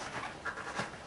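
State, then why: Not seated. A rubber winter bicycle tire is being worked onto a metal wheel rim by hand, giving a soft, continuous rubbing and breathy friction with slightly stronger swells around 0.5 s and 0.8 s. The bead has not snapped onto the rim yet, and nothing has seated or clicked.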